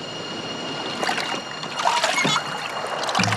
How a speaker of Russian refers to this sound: Лодка плывет через реку. За спиной гребущего химика сидят Афонин и Слонов.